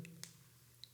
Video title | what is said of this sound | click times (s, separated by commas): IWC Schaffhausen Pilot's Watch Chronograph 41. Novelty 2021. | you listen to the click and when you have the click there it is | 0.2 s